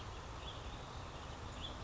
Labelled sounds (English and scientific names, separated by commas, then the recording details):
House Finch (Haemorhous mexicanus)
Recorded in Sonoma County, California